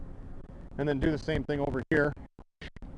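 On a 2009-2018 Dodge Ram 1500 Diesel, the reinstalled headlight housing is being pushed in on its second side so its plastic mounting tab can snap into the truck's front-end mounting bracket. Someone talks over quiet background noise, and a few brief sharp ticks are heard near 2.4 and 2.8 seconds. The housing is still being handled and has not clicked into place yet.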